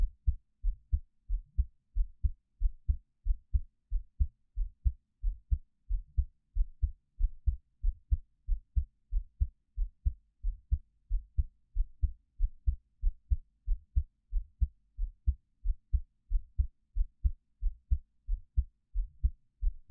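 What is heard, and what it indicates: Steady, deep, muffled lub-dub thumps at about 90 beats a minute, with an even rhythm throughout and no talking. This is a normal adult heartbeat picked up close with a 3Dio binaural microphone.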